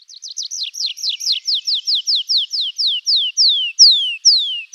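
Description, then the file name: Tree pipit song: a fast series of high, downslurred notes that gradually slows into longer, louder descending slurs. "anthus trivialis"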